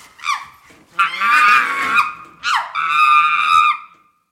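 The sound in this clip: Chimpanzee screaming: a few long, harsh, strained screams with strong harmonics, some rising sharply at the start, separated by short breaks.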